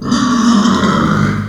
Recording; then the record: squeal of a Yucatan mini pig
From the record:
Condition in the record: after surgery on the right vocal fold (resection and tissue-engineered implant); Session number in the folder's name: 12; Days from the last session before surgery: 105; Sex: female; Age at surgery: 19 weeks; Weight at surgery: 25 kg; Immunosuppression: prednisolone